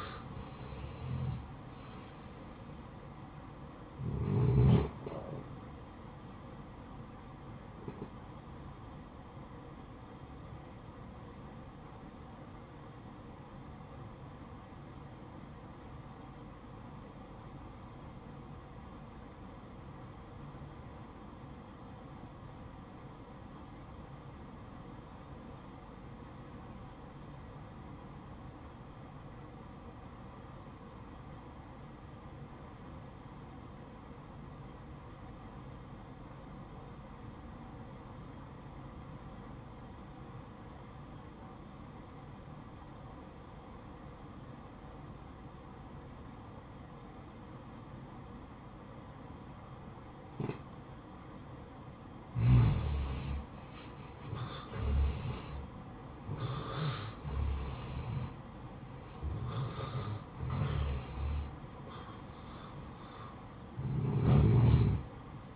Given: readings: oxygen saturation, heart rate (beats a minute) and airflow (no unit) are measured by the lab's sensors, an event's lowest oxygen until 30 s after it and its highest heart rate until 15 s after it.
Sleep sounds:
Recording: breathing in sleep by a smartphone at the bedside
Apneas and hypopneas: 1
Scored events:
4.00-64.00 s: new sleep stage, N1 (lightest sleep)
11.00-54.10 s: obstructive apnea (N1, oxygen 95% highest, then 76% lowest, heart rate 63 at the start, 78 highest)
64.00-65.56 s: new sleep stage, REM sleep
From the record:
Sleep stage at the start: REM sleep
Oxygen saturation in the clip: 78 to 95%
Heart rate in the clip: 55 to 80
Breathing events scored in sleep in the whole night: 573 in 9.8 hours asleep

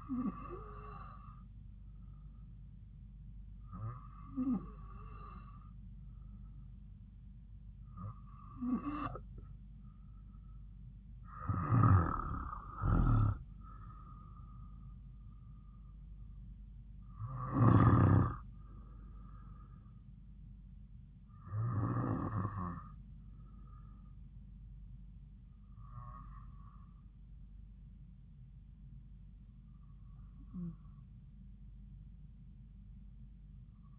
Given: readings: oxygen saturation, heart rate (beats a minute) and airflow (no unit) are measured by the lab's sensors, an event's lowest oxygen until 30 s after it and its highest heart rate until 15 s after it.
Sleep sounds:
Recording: breathing in sleep by a smartphone at the bedside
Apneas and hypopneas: none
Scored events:
none scored
From the record:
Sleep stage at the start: N2 (light sleep)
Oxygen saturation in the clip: 94 to 95%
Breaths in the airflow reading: 8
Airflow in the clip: -7.8 to 9.7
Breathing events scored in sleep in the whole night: 270 in 6.1 hours asleep

